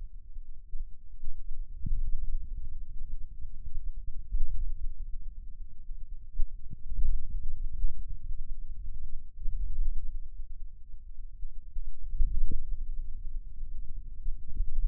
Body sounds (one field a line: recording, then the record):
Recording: forearm muscle sounds (acoustic myography)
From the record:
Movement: hand closing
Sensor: system 2, bracelet of six BSWA MPA416 microphones around the upper forearm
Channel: 1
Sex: male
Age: 22 years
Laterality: right